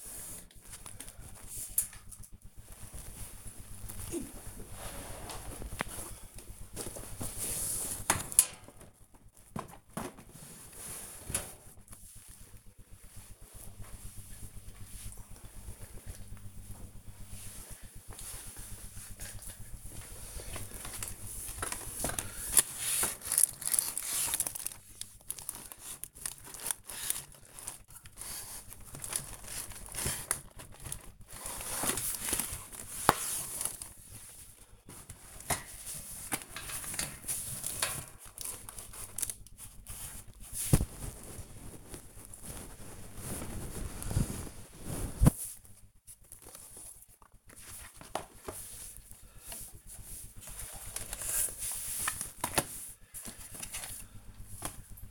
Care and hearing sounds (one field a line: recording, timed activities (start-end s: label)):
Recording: household activities, microphone on the right wrist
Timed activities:
0.00-55.11 s: cleaning the cupboard